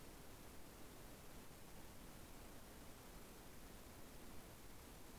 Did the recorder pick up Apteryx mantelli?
no